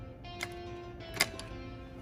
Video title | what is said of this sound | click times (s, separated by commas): KTM Valve Adjustment & Head Install | i got this right here so i'm going to push in you'll hear the click and then boom this is going to get tight | 1.2 s